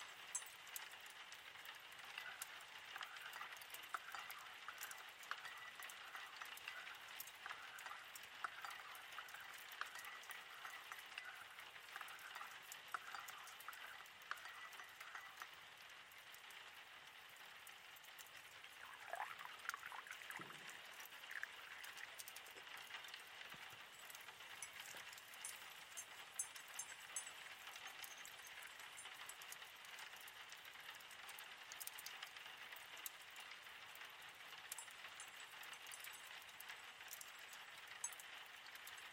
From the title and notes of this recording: Evening Tea at Grandmas on a Rainy Night w/ Wood Stove Fireplace | Ceramic Tea Cup Stirring Sounds. Rainonwindow #woodstove #fireplacesound.